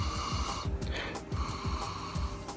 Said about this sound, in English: So I've done that, and I've thrown in some Tabasco and plenty of ice. Mm-hmm. I have to say, scent-wise, this is... okay. Let me take another big sniff.